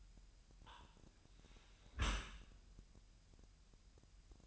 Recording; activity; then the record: daily activity, microphone in the room; close dishwasher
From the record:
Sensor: 2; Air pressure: 998.1 hPa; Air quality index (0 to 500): 147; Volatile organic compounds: 4 ppm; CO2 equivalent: 1669 ppm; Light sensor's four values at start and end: 10/29/12/11 and 10/29/12/11